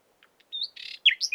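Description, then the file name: Common nightingale song phrase: soft clicks, then a rising whistle, a buzzy burst and sharp descending whistled notes, all high-pitched and brief. "Luscinia megarhynchos"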